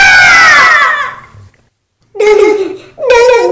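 A loud, agonized scream from someone whose leg is struck with a club, falling in pitch and trailing off, followed after a brief silence by two more shrill, wailing cries in quick succession.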